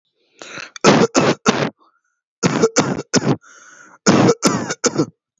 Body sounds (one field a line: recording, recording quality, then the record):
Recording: shallow voluntary cough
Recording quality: excellent, no background noise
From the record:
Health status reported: healthy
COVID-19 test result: not tested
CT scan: not taken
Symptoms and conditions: none ticked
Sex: male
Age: 21 years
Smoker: no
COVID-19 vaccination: both doses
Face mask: not worn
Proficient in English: yes